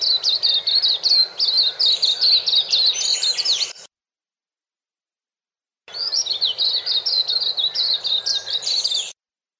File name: suara kicauan burung kacamata perak. omkicau